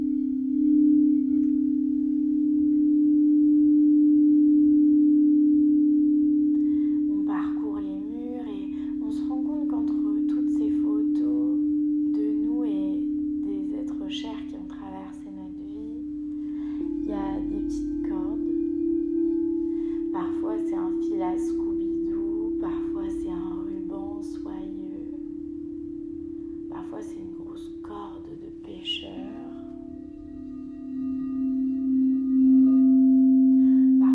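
Crystal singing bowls hum a steady, sustained low-middle tone through the whole meditation, swelling and easing slightly in loudness. From about eight seconds on, a soft voice speaks in short phrases over the drone, with occasional bright chime-like touches near the end.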